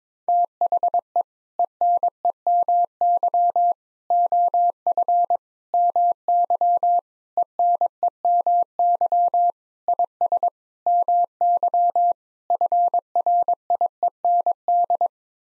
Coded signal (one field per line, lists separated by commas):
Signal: Morse code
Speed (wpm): 22 wpm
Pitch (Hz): 700 Hz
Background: none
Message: THE ENEMY OF MY ENEMY IS MY FRIEND